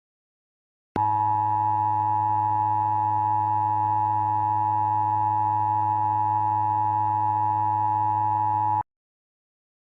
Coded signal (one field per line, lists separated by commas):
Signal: Emergency Alert System (SAME) tones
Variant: 853 and 960 Hz attention tone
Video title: Emergency Alert System Scenario #8: "West Coast Earthquake"